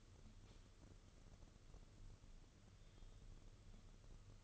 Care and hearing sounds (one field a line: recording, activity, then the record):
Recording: daily activity, microphone in the room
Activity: light on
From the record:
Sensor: 4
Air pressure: 995.3 hPa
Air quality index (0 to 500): 211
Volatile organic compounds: 226 ppm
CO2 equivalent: 4294 ppm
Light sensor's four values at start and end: 8/19/7/9 and 8/19/7/9